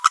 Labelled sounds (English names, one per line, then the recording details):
Green-rumped Parrotlet babbling
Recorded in a nest box in Venezuela
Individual 18B25A4